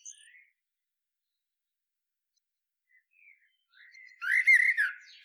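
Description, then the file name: Common blackbird song: a brief high note, a long quiet gap, then soft warbles building into one fluty phrase with a squeaky finish near the end. "Turdus merula"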